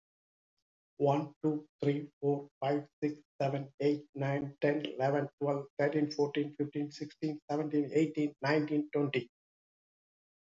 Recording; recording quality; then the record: counting at a fast pace; excellent, no background noise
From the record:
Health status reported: healthy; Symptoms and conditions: hypertension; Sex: male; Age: 54 years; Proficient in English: yes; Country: India